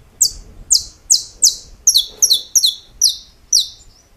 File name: Canto-do-Canário-da-Terra